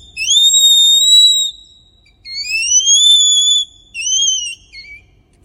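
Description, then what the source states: Red panda cub calling with two long high-pitched whistles, each rising at the start and then held level, followed by a couple of shorter whistles. Newborn cub.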